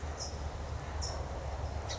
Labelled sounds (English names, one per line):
California Towhee